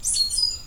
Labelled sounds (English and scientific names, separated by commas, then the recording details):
Stitchbird (Notiomystis cincta) song
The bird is a male
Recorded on Tiritiri Matangi Island, New Zealand, in 2005
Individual 17, of nest box 25